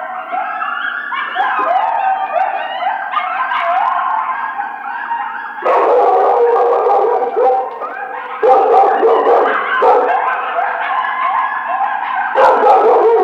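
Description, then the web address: Coyote group howling, many wavering, rising and falling howls overlapping with quick yips, continuous throughout with several surges in loudness. Howling; recorded 1 February 2010. "Coyote 2010 02 01 howl"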